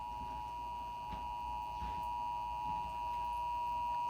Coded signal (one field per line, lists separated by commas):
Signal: Emergency Alert System (SAME) tones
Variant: 853 and 960 Hz attention tone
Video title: EAS Alerts from 6/3/21 - 6/23/21 EAS#500-520